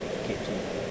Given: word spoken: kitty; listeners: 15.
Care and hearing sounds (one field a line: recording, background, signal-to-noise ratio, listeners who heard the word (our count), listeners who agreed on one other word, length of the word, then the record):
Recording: one English word in noise, from a listening test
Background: speech-shaped noise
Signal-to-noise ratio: -5.6 dB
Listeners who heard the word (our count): 0 of 15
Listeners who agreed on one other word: 6 of 15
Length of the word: 0.51 s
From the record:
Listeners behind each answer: 6, 5, 1, 1, 1, 1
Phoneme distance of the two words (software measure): 10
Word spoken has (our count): 2 syllables, 4 phonemes, stress on syllable 1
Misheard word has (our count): 2 syllables, 4 phonemes, stress on syllable 1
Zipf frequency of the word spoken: 4.02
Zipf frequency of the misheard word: 3.60